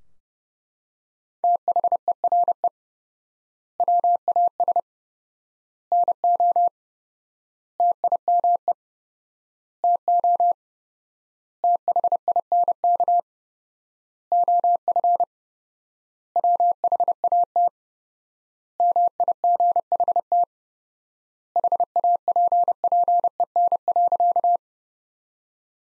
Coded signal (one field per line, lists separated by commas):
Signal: Morse code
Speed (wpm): 30 wpm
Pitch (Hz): 700 Hz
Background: none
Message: THERE WAS NO TIME TO THINK OF WHAT MIGHT HAPPEN.